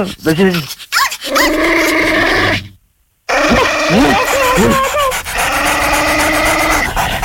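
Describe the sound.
A dog being let loose growls in long, rough, rumbling stretches with bursts of panting and snarling, loud and continuous except for a brief silent break partway through, with what may be voices mixed in.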